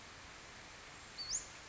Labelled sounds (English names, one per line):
Western Flycatcher